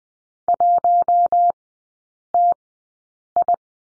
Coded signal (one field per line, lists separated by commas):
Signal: Morse code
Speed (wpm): 20 wpm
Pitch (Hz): 700 Hz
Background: none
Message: 1TI